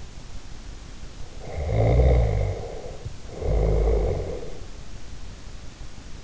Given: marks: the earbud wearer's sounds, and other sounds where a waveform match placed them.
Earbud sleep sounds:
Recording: sounds in sleep by an in-ear microphone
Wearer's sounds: snoring breath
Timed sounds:
1.45-4.70 s: snoring breath

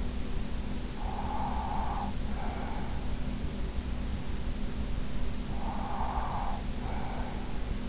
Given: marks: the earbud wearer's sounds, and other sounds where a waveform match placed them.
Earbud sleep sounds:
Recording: sounds in sleep by an in-ear microphone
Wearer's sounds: breath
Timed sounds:
0.46-3.40 s: breath
5.18-7.89 s: breath

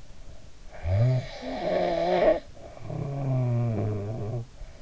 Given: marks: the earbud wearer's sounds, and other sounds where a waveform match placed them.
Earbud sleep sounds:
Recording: sounds in sleep by an in-ear microphone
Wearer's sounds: snoring breath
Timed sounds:
0.77-4.48 s: snoring breath

